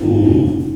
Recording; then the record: squeal of a Yucatan mini pig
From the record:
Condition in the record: before surgery on the right vocal fold (resection and tissue-engineered implant); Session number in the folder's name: 1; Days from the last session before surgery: -21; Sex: female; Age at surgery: 19 weeks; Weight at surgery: 25 kg